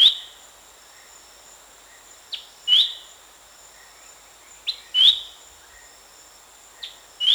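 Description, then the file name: Horsfield's babbler repeating a two-note whistle, a soft note then a louder one, every two to three seconds over a steady high insect chorus. Recorded at Danum on 1 January 2008. "DANUM 20080101"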